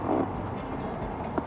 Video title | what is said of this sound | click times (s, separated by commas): Fitting a indicator wearing loom to a 2022 husqvarna fe 450 | And just give it a little push out. Hear the click. | 1.4 s